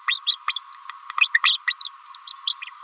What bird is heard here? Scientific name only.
Forpus passerinus